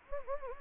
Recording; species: mosquito wingbeat signal from an infrared sensor; Anopheles gambiae